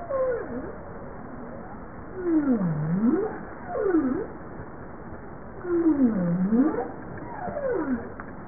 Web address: Bowhead